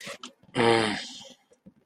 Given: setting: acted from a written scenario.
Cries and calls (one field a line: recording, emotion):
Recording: vocal sound without words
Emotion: desire